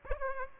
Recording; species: mosquito wingbeat signal from an infrared sensor; Aedes aegypti